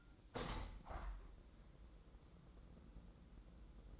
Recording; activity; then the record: daily activity, microphone in the room; open window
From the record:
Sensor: 3